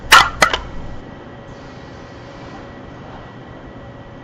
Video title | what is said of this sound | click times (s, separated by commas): Torque Rod Final | press is activated by depressing the palm buttons as shown an audible click is heard when the circlip seats into the ring | 0.1 s, 0.4 s